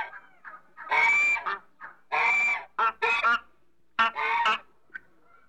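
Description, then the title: African goose giving loud, harsh honks in quick clusters, some doubled, broken by short pauses and a few softer notes. "BirdAfricanGoose"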